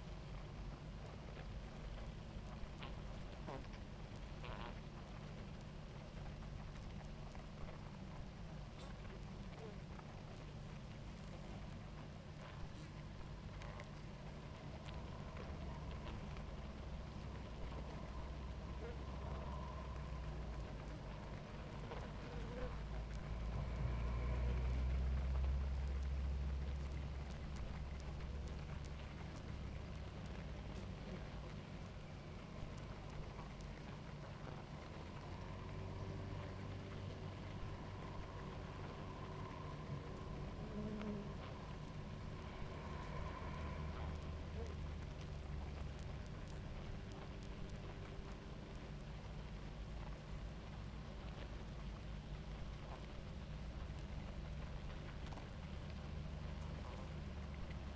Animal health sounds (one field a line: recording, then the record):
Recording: honeybee colony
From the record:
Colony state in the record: active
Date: 28 July 2017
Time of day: 18:16